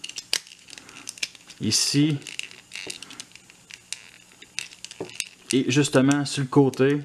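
A folded plastic panel on a transforming robot action figure is lowered and pushed until it clips back onto the body, with a sharp click at 0.3 s. Small plastic taps and clicks follow through the clip while someone talks.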